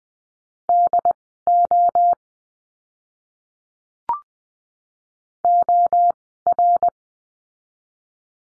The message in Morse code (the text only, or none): DO OR